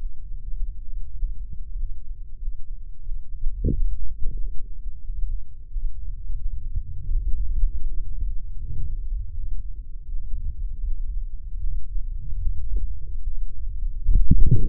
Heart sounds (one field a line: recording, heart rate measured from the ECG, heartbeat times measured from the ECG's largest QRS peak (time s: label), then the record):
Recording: heart sounds by microphone in the left ear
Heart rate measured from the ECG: 84 bpm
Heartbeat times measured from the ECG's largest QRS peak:
0.51 s: heartbeat
1.12 s: heartbeat
1.73 s: heartbeat
2.35 s: heartbeat
2.99 s: heartbeat
3.66 s: heartbeat
4.32 s: heartbeat
5.01 s: heartbeat
5.69 s: heartbeat
6.37 s: heartbeat
7.09 s: heartbeat
7.82 s: heartbeat
8.55 s: heartbeat
9.31 s: heartbeat
10.07 s: heartbeat
10.84 s: heartbeat
11.59 s: heartbeat
12.39 s: heartbeat
13.21 s: heartbeat
14.02 s: heartbeat
From the record:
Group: healthy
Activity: Valsalva maneuver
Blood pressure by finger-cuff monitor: 90/71 mmHg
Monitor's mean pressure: 77 mmHg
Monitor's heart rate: 90 bpm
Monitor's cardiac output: 5.6 L/min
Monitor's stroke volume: 58 mL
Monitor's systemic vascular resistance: 880 dyn s/cm5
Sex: male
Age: 20 years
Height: 187 cm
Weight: 68.9 kg